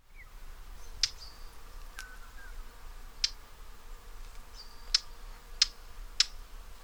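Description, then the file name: Eurasian blackcap repeating hard, clicking tac notes, six in about seven seconds at uneven intervals. "Sylvia atricapilla"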